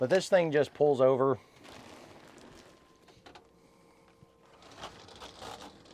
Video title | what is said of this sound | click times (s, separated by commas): Northern Lite 8 11 EXSE - 2021 Truck Camper Tech Tour | and there is a receiving peg over here on the wall that it snaps into | 3.3 s, 3.4 s